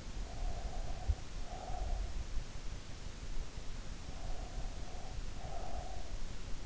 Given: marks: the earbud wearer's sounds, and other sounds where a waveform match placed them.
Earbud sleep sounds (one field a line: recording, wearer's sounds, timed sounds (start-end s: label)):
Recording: sounds in sleep by an in-ear microphone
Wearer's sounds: breath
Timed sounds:
0.22-2.09 s: breath
4.16-6.13 s: breath